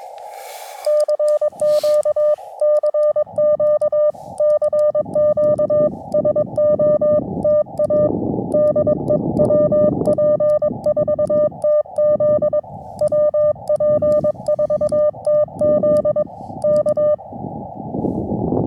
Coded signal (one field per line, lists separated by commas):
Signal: Morse code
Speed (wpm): 21 wpm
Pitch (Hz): 600 Hz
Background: none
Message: CQ CQ CQ SOTA DE WP4TZ WP4TZ K